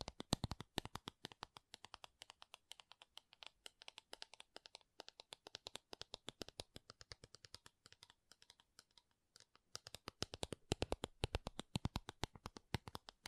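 Makeup tapping and scratching: quick, sharp clicks arrive in dense, irregular bursts, bright and crisp like fingernails on plastic cases. The pace slows and thins around eight to nine seconds, then picks up again with faster, busier tapping and light scratching toward the end.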